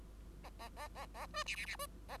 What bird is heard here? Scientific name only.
Lonchura striata domestica